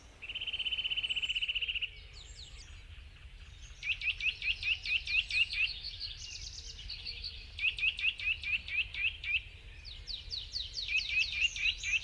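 Eurasian nuthatch: a single level, drawn-out whistle, then three runs of fast, short, high, rising notes.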